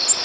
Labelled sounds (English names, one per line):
Tennessee Warbler flight call